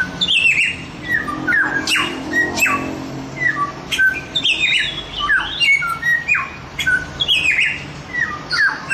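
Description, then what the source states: Chinese grosbeak song of sharp downslurred whistles and scratchy notes, repeated in quick uneven phrases. Masteran song, used to train other birds to sing; Indonesian name samyong.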